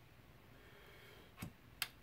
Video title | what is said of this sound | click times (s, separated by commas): Assembling My New Ryzen Test Bench | push it in there and that'll just click into place | 1.8 s